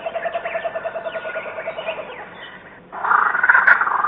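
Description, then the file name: Kookaburra laugh, a steady run of rapid chuckling notes that fades, then a sudden loud, raucous burst of cackling. "kukaburra"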